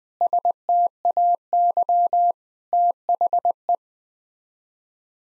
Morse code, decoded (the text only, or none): STAY THE